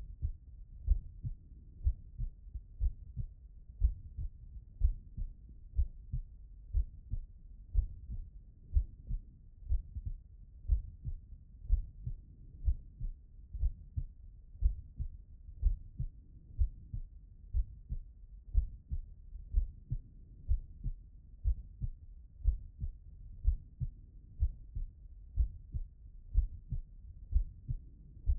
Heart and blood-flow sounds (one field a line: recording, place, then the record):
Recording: heart sounds by stethoscope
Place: pulmonary valve (PV)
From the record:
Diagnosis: non-HFrEF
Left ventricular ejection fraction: 76%